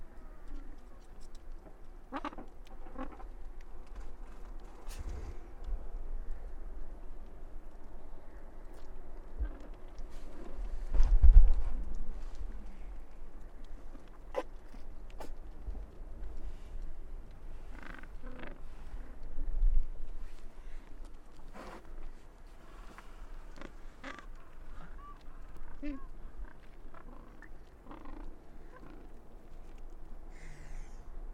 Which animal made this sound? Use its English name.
Gentoo Penguin